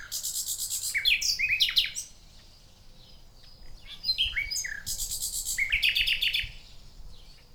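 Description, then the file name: Common nightingale song, two dense bursts of fast buzzy repeated notes mixed with slurred whistles, separated by softer varied phrases. "Luscinia megarhynchos"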